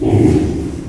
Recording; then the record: squeal of a Yucatan mini pig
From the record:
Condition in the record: before surgery on the right vocal fold (resection and tissue-engineered implant); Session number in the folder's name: 2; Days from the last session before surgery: -15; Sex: female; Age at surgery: 19 weeks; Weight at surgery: 25 kg